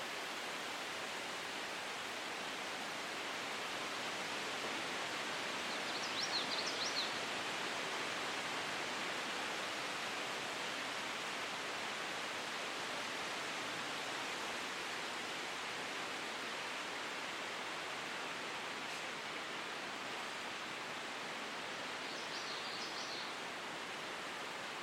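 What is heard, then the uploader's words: Wind rushes steadily through trees in a dense, even hiss that barely swells or fades across the whole stretch. The sound is full and airy, weighted toward the middle and upper range. Faint bird chirps break through around six seconds and again near twenty-two seconds. The Wind in the Trees | Natural White Noise.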